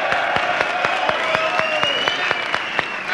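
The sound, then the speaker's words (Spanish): An audience applauds a singer of a band, who is present, with sharp claps falling in a fairly regular rhythm, over a continuous wash of crowd noise and some cheering voices. “Un aplauso para él.”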